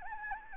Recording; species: mosquito wingbeat signal from an infrared sensor; Anopheles gambiae